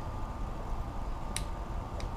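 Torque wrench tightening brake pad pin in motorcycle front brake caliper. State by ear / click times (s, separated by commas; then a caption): torque reached / 1.4 s. A click-type torque wrench tightens the new brake pad retaining pin in the front brake caliper of a 2016 Harley-Davidson Ultra motorcycle to the service-manual value. Over a steady low background hum, the wrench gives a short, sharp click at 1.4 s, confirming it has reached the torque setting, and a fainter click follows at 2.0 s.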